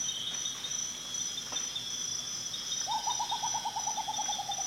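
Rufous potoo song: a rapid run of hollow, hooting notes that slowly drops in pitch, starting late, over a constant high shrill insect chorus.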